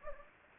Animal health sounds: mosquito wingbeat signal from an infrared sensor; Anopheles gambiae

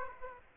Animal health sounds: mosquito wingbeat signal from an infrared sensor; Aedes aegypti

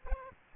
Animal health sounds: mosquito wingbeat signal from an infrared sensor; Aedes aegypti

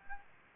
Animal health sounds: mosquito wingbeat signal from an infrared sensor; Aedes aegypti

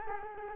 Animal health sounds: mosquito wingbeat signal from an infrared sensor; Culex quinquefasciatus

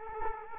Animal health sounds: mosquito wingbeat signal from an infrared sensor; Culex quinquefasciatus

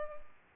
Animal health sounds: mosquito wingbeat signal from an infrared sensor; Culex pipiens

